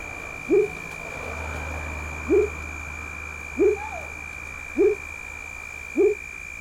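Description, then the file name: Frog giving five short low swooping notes at somewhat uneven intervals, with a steady high tone and a low rumble in the background. "Sapo Frog"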